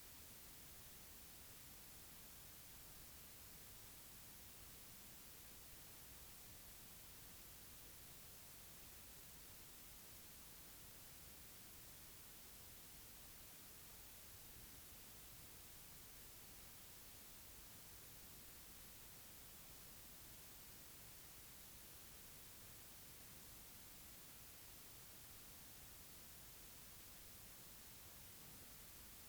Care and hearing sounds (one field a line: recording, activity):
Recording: daily activity, guitar pickup as the sensor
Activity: sit